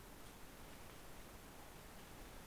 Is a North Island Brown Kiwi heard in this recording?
no